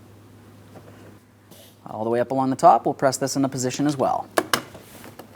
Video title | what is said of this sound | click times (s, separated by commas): How to Replace Front Interior Door Handles 2003-2007 Cadillac CTS | There we go. Just listen for an audible click from that. | 5.2 s